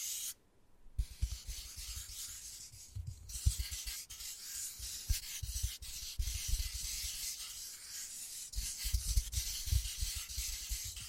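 Wood carving, with a steady bright scraping and rasping that runs almost the whole time, like a blade or file rubbing across the grain. Soft low knocks and taps land irregularly throughout, clustering around the third second and again near the end. A brief near-silent gap falls just before the first second.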